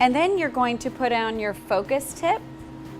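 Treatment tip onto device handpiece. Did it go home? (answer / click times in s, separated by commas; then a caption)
no / none. A plastic treatment tip is being handled for fitting onto the end of the 6 mm handpiece of a clinical treatment device while someone talks. Nothing has seated or snapped into place yet.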